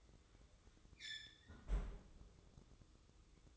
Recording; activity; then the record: daily activity, microphone in the room; close fridge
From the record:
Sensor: 3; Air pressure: 995.2 hPa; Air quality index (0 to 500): 78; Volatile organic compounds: 6 ppm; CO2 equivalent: 1863 ppm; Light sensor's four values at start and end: 20/58/25/21 and 20/58/25/21